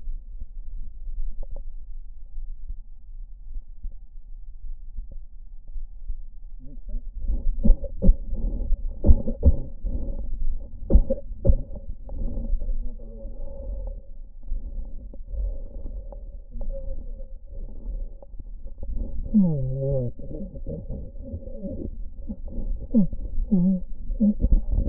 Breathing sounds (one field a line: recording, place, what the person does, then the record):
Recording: lung sounds by stethoscope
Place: right anterior apical chest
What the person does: quiet breathing, then cough and speech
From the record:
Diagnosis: interstitial lung disease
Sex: male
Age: 82 years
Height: 158 cm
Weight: 49 kg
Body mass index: 19.6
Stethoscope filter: diaphragm mode